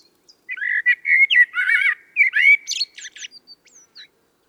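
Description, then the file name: Common blackbird song phrase: sweet warbled notes, then thinning out into scattered high squeaks and ticks. "Turdus merula"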